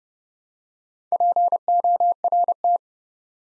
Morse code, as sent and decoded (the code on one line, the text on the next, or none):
.--. --- .-. -
PORT